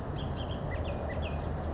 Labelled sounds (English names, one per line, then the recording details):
Bullock's Oriole
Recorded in Sonoma County, California